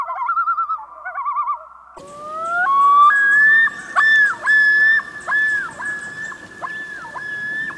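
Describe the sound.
Common loon giving a quavering tremolo, then a yodel of rising notes followed by repeated sliding two-part phrases.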